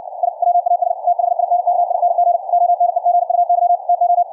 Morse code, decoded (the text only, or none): I WAS THINKING ONE GUY TO